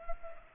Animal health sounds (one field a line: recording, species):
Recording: mosquito wingbeat signal from an infrared sensor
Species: Culex pipiens